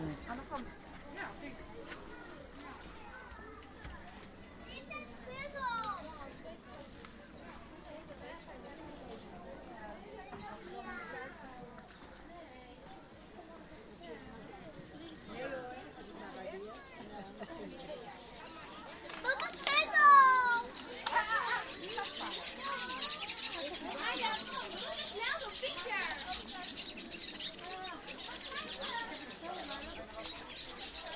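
Visitors talk around a walk through the zoo, with a steady murmur of overlapping voices and children's chatter. Around twenty seconds the crowd grows louder, with a few high calls, and a bright hiss fills the rest of the recording.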